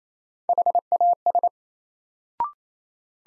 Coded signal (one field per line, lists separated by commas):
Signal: Morse code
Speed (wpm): 28 wpm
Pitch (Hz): 700 Hz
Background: none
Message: HAS